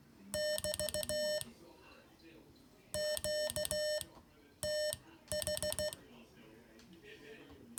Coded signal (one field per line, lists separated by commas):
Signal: Morse code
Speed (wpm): 16 wpm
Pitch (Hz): 600 Hz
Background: speech, music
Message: <BT> QTH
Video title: Learn Morse: Homework 3